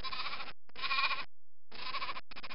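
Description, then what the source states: Sheep: lamb bleating in a series of wavering, nasal calls, each about half a second long, separated by short pauses. Lamb, from a 1996 sound-effect collection.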